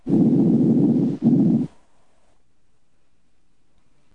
Normal breath sounds heard over other chest wall areas. Normal breath sounds heard over other chest wall areas are faint. They are heard throughout inspiration and at the beginning of expiration.